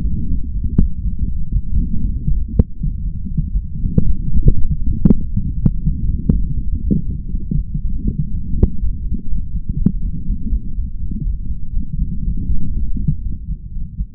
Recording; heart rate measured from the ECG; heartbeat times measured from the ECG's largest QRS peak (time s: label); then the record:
heart sounds by stethoscope; 120 bpm
0.27 s: heartbeat
0.77 s: heartbeat
1.27 s: heartbeat
1.77 s: heartbeat
2.27 s: heartbeat
2.77 s: heartbeat
3.27 s: heartbeat
3.79 s: heartbeat
4.29 s: heartbeat
4.80 s: heartbeat
5.30 s: heartbeat
5.80 s: heartbeat
6.31 s: heartbeat
6.80 s: heartbeat
7.30 s: heartbeat
7.80 s: heartbeat
8.30 s: heartbeat
8.79 s: heartbeat
9.28 s: heartbeat
9.77 s: heartbeat
10.26 s: heartbeat
10.75 s: heartbeat
11.23 s: heartbeat
11.73 s: heartbeat
12.23 s: heartbeat
12.73 s: heartbeat
13.22 s: heartbeat
13.72 s: heartbeat
From the record:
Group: healthy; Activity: light exercise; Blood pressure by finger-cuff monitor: 97/54 mmHg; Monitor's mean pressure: 65 mmHg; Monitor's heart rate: 120 bpm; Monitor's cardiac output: 8.2 L/min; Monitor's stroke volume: 68 mL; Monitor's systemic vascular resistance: 550 dyn s/cm5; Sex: male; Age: 22 years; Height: 181 cm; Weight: 60 kg